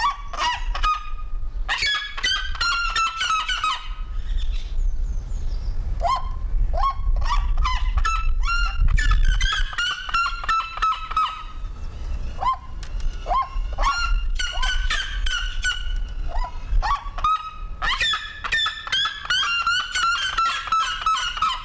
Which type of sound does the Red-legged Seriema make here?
call